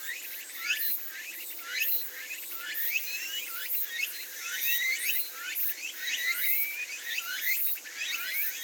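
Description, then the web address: Bird calls from a busy flock: many high, thin, sweeping chirps overlap continuously, rising and falling quickly throughout. "yacho koe"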